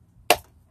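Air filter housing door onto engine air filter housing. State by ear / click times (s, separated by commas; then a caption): seated / 0.3 s. A plastic air filter housing door on a lawn equipment engine is put back onto the air filter housing and pressed until it snaps shut. After quiet, one sharp, bright snap comes at 0.3 s and fades within about a tenth of a second. The cover is seated.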